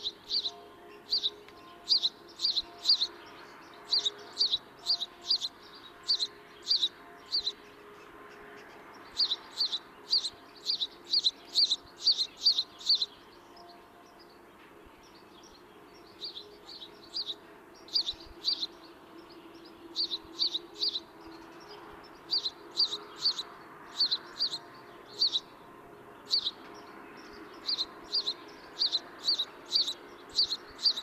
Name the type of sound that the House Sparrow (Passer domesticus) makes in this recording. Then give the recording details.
song. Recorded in the wild. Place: Oberstdorf, Bayern, DE. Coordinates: 47.41, 10.2797. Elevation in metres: 809. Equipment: Nagra IV, Sennheiser MKH 405, Parabolreflektor. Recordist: Tretzel, Erwin